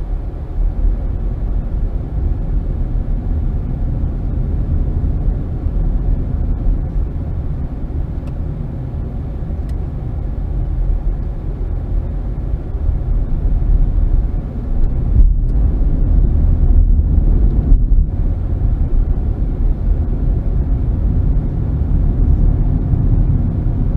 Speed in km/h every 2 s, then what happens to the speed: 18, 24, 29, 29, 24, 18, 23, 29, 39, 40, 45, 50.
0-4 speeds up to 29. 7-10 brakes to 18. 10-24 speeds up to 50.